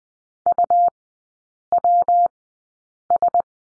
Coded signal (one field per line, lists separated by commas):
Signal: Morse code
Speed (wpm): 20 wpm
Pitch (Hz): 700 Hz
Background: none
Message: UWS